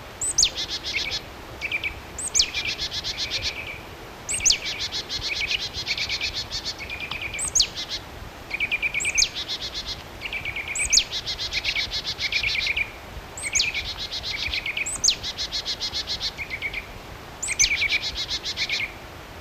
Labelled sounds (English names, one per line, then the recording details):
Marsh Tit call
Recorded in the wild
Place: Knoten, DE
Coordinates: 50.6033, 8.1675
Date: 1964-03-30 16:30
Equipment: Uher Report 4000, AKG D190
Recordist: Krey, Winfried
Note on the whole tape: Rufe